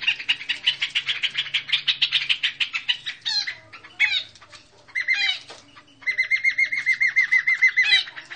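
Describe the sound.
Nuthatch: quick repeated notes, ending in a rapid even run of clear repeated notes lasting about two seconds.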